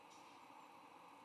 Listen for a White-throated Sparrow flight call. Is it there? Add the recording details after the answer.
no. No flight call is heard. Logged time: 07:19 on 22 November 2014